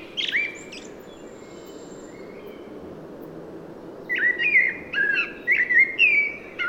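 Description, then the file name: Common blackbird giving a brief whistled phrase, a long pause, then a run of warbling fluty notes with squeaky high edges near the end. "Turdus merula"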